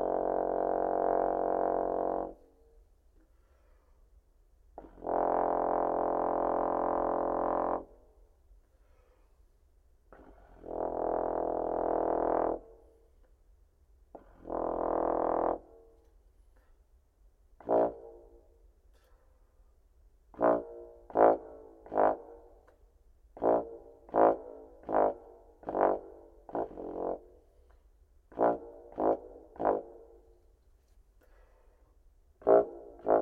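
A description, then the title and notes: Low trombone pedal tones: four long sustained notes in the first sixteen seconds, each lasting about two to three seconds with silence between. After that come many short, sharply tongued low notes in quick bursts through to the end, with a faint low hum underneath. Pedal Tones (Trombone). The lowest notes on the trombone! Performed on a Yahama YSL-548GOAL tenor trombone.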